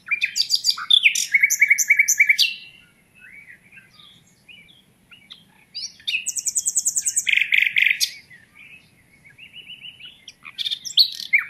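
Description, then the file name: Common nightingale song: rapid repeated notes and fast rattling trills around high pitch, loud phrases separated by short quieter pauses. "Luscinia megarhynchos"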